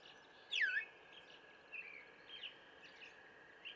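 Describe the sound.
Brown thrasher song: a loud downward-slurred whistled note near the start, followed by a few fainter short phrases over a steady faint tone.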